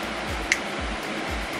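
A female plastic MC4-type solar panel cable connector is pushed into the male connector until it latches, with a single sharp click at 0.5 s over a steady low background hum. The connector seats and clicks in.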